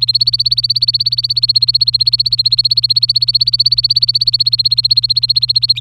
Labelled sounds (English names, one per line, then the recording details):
Domestic Canary song
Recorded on 23 April 2018 at 16:27
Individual llb3